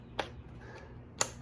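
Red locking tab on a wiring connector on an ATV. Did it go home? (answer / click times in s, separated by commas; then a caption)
yes / 0.2 s, 1.2 s. After a wiring connector on a 2022 Can-Am Outlander 1000 XMR ATV is lined up during a snorkel install, its red plastic locking tab is pushed down to lock it. Two sharp clicks are heard at 0.2 s and 1.2 s over a quiet low background. The tab clicks in and the connector is seated and locked, though with slight uncertainty.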